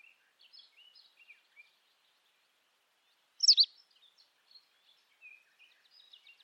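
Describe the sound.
White wagtail call: one sharp, high, two-part chirp midway, with faint, thin twittering notes scattered before and after.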